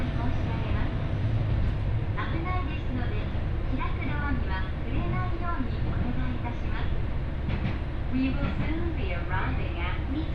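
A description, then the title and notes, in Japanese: Aboard an Ibara Railway train between Soun-no-Sato-Ebara and Soja, a steady low rumble of the running train fills the whole ten seconds. Over it, people talk in short bursts throughout, their voices rising and falling against the constant noise. 耳で楽しむ鉄道旅 井原鉄道 早雲の里荏原→総社。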